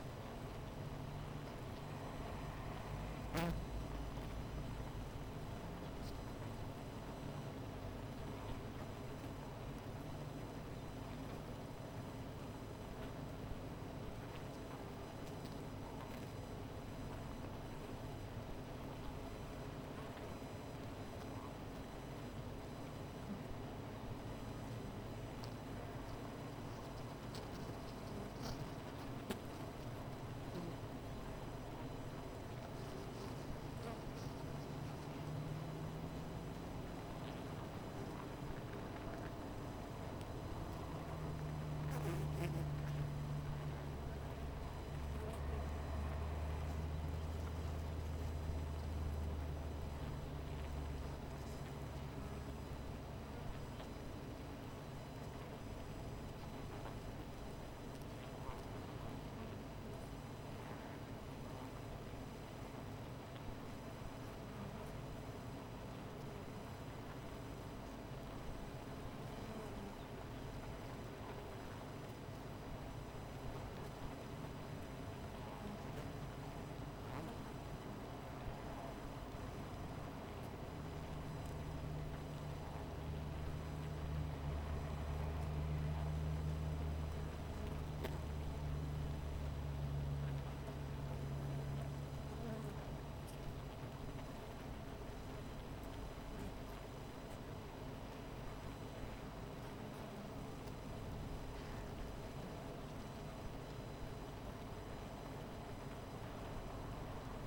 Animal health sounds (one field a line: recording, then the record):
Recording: honeybee colony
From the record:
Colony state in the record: missing queen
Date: 14 July 2017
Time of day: 16:50